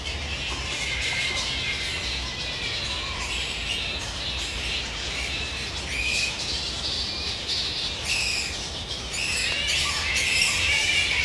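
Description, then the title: Bats in a busy colony chorus, grating squawks and piercing squeals overlapping throughout, growing louder and harsher near the end, with a low steady rumble behind. Bat habitat in a reserve in Sydney, Australia. "拉克兰保护区蝙蝠栖息地，悉尼，澳大利亚"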